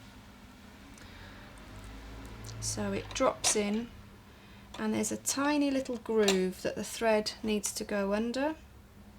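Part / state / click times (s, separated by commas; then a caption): bobbin cover/drop-in bobbin in a sewing machine bobbin case / not seated / none. A drop-in bobbin is handled in the bobbin case of a sewing machine, with its thread being guided under a tiny groove before the plastic bobbin cover goes on, while someone talks. Only faint handling noise is heard under the speech, and nothing has seated or clicked yet when the clip ends.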